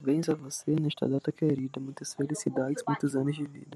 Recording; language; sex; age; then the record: short text; Brazilian Portuguese; male; 18 to 19 years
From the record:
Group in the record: control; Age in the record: 19 years